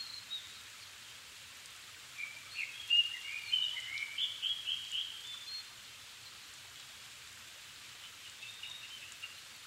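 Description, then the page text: Japanese thrush song: one brief run of thin whistled notes over a constant background hiss. Recorded 7 May 2011 at 17:59 in the evening, at 270 m altitude, with a Sony PCM-D50 and Panasonic WM-61A mic, in Japan. "kurotugumi 20110507-1759. Turdus cardis [Sounds -Nikko Today-]"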